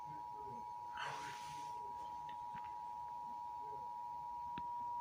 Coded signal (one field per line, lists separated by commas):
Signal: Emergency Alert System (SAME) tones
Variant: 853 and 960 Hz attention tone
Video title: EAS: Pennsylvania Required Monthly Tests (3/19/20)(EAS #275-280)